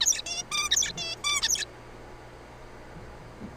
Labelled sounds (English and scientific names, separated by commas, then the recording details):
Zebra Finch (Taeniopygia guttata)
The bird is a juvenile
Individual R3428